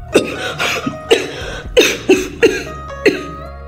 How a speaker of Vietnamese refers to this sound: Đột nhiên y kịch liệt ho.